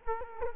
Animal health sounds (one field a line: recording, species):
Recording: mosquito wingbeat signal from an infrared sensor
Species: Culex quinquefasciatus